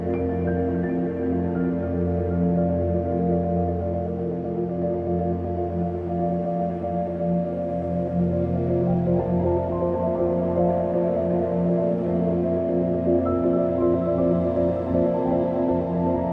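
Soft upright piano playing a slow, gentle passage, with sustained notes ringing into one another in a smooth, unbroken wash. Low and middle notes dominate, the upper register stays muted, and the volume holds steady throughout with no sharp attacks.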